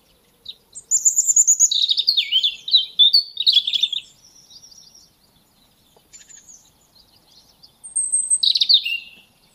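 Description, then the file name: European robin singing high, liquid phrases of rapid warbles and sliding whistles, pausing for a few seconds, then starting another phrase. "Erithacus rubecula"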